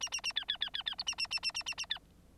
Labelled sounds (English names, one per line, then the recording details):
Bengalese Finch song
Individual Bird9